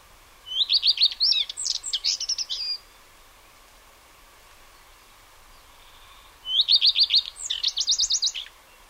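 Redstart song: two short phrases, each opening with a steady run of high repeated notes and ending in a jumbled twittering flourish, separated by a pause.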